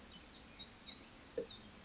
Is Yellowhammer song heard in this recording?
no